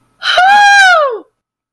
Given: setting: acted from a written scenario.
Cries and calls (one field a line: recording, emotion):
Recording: vocal sound without words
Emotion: elation